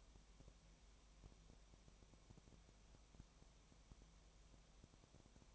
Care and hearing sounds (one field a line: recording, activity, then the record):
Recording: daily activity, microphone in the room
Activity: no activity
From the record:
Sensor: 1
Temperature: 19.4 degrees Celsius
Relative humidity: 35.7%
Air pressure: 1003.3 hPa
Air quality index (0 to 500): 113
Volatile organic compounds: 2 ppm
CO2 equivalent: 1258 ppm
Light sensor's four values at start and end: 1/2/1/1 and 1/2/1/1